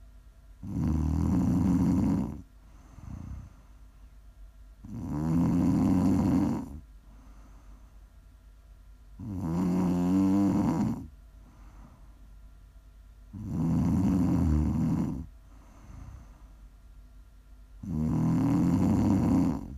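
Loud, low rattling snores from a sleeping adult on each inhale, about 14 a minute, with quiet exhales between; ordinary sleep snoring, offered as ASMR for relaxing, winding down or falling asleep.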